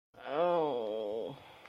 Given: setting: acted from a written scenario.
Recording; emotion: vocal sound without words; pain